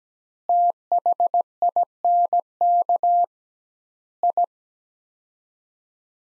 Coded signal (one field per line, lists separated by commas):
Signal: Morse code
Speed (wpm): 17 wpm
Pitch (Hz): 700 Hz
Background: none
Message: THINK I